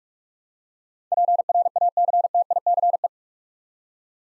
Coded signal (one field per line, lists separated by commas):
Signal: Morse code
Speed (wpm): 44 wpm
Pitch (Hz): 700 Hz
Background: none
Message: PRACTICE